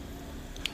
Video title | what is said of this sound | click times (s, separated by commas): Unboxing Portaborraccia Elite Custom Race | si è agganciato perfettamente e duro non si muove tantissimo adesso | 0.7 s